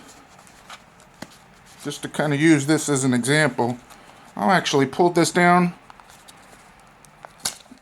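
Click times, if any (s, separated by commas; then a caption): 7.5 s. Someone talks, then pulls a gear attachment clip down onto a 1 3/4-inch 5.11 Operator nylon duty belt, with faint small ticks along the way. A sharp click at 7.5 s marks the clip seating firmly onto the belt.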